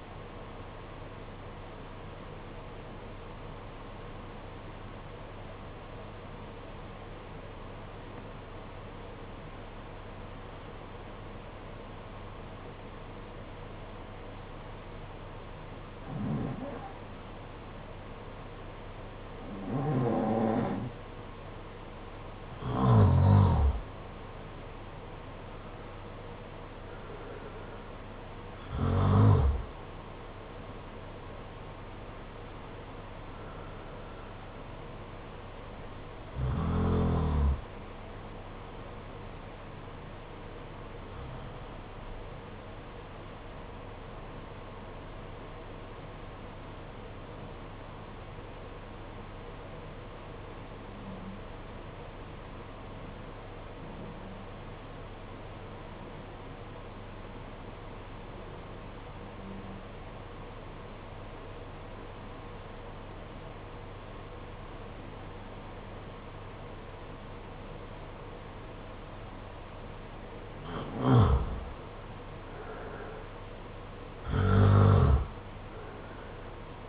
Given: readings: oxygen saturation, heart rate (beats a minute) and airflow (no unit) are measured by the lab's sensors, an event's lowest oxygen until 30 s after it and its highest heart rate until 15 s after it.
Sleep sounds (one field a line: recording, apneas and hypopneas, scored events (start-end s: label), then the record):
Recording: breathing in sleep by a voice recorder at the bedside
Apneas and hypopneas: 2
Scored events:
4.00-18.40 s: obstructive apnea (N1, oxygen 95% highest, then 87% lowest, heart rate 49 at the start, 60 highest)
30.00-76.89 s: new sleep stage, N2 (light sleep)
46.00-71.70 s: obstructive apnea (N2, oxygen 95% highest, then 83% lowest, heart rate 51 at the start, 65 highest)
From the record:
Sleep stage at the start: N1 (lightest sleep)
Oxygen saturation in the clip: 86 to 96%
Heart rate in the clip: 49 to 61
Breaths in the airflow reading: 10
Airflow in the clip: -7.3 to 8.7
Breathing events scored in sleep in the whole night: 476 in 9.7 hours asleep